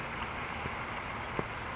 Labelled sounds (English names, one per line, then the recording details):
California Towhee
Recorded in Sonoma County, California